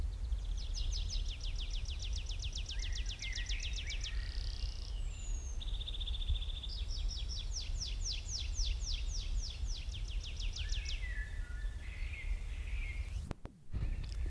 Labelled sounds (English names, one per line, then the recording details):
Tree Pipit song
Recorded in the wild
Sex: male
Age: adult
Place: Mühlenbecker Wald, Brandenburg, DE
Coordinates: 52.6894, 13.395
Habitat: mixed forest
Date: 1975-05-11 11:10
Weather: overcast, 20°C, no wind
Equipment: Uher CR 210, Sennheiser MD 421, Verstärker, Kopie Uher 4200
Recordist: Tembrock, Günter